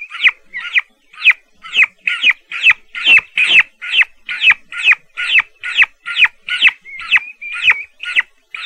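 Turkey chicks peeping continuously, loud high chirps that drop in pitch, repeated rapidly and fairly evenly throughout, a few slurred trills near the end.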